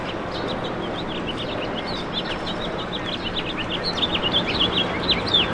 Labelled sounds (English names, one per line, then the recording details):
House Finch song
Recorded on Long Island, New York, on 21 March 2012
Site FL
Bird C